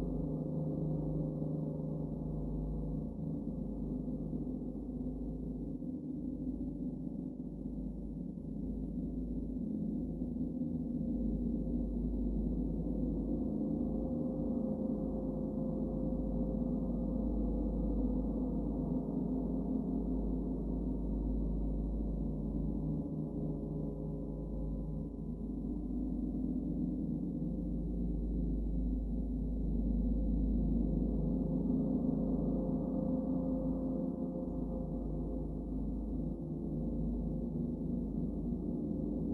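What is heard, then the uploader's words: A gong bath: a deep, continuous wash of gong tone that never breaks, thick with low rumbling overtones and a shimmering, beating texture. The sound swells gently, growing brighter around fifteen and again near thirty-two seconds, then settling back. Gong bath for yoga meditation.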